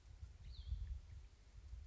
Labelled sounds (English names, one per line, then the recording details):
Cassin's Vireo
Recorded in Sonoma County, California